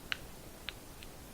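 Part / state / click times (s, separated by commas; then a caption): plastic housing shell of video glasses / seated / 0.1 s, 0.7 s. The plastic shell halves of a pair of video glasses' housing are pressed together and snap into place, with two sharp clicks at 0.1 s and 0.7 s and a fainter tick at 1.0 s. The housing is seated, ready for its two screws to go back in.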